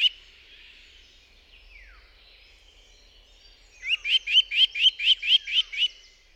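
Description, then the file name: Eurasian nuthatch calling: a quick run of about nine sharp, loud, upslurred whistled notes. Recorded in forest. "sitelle torchepot"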